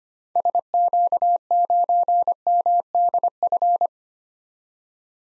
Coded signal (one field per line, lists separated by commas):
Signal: Morse code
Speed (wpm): 25 wpm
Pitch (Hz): 700 Hz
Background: none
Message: SQ9MDF